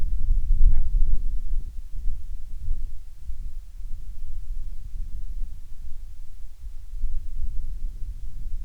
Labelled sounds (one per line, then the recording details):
bird
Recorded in the Prudhoe Bay oil fields, Alaska, on 10 July 2019 at 14:36
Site 14